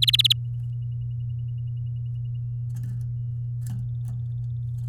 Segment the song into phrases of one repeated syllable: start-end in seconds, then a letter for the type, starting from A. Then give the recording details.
0.02-0.33 A. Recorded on 7 May 2018 at 11:52. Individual llb16